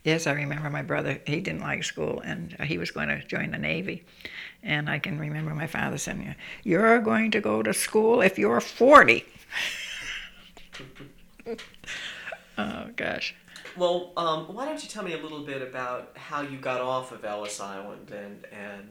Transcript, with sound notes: Yes, I remember my brother, he didn't like school and he was going to join the navy. And I can remember my father saying, "You're going to go to school if you're forty!" (she laughs) Oh, gosh.
Well, why don't you tell me a little bit about how you got off of Ellis Island then and